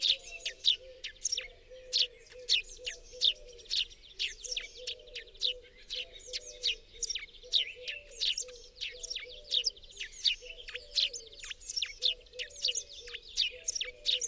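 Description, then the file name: Eurasian blue tit uttering a dense, continuous stream of high sharp chips, busy throughout, with a soft low background hum. "Cyanistes caeruleus"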